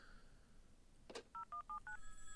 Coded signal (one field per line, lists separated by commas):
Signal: DTMF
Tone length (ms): 110 ms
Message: 0179